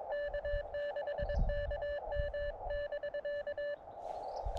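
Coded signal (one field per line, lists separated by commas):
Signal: Morse code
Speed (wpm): 22 wpm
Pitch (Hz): 1750 Hz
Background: none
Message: K6KM<BK>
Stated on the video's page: Morse from summit activations of three peaks in the San Gabriel mountains.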